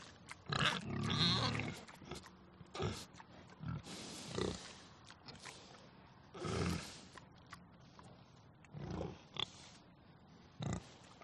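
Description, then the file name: Pig grunting in short, rough bursts, irregular and repeated. "audio hero Pig"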